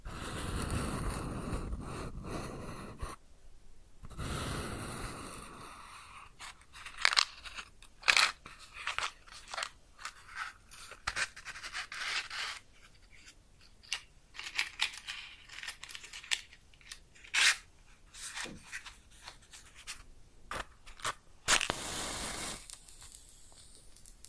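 A match is struck and flares with a rushing hiss for about five seconds, then dense, irregular crackles and sharp pops follow until the end.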